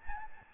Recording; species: mosquito wingbeat signal from an infrared sensor; Aedes albopictus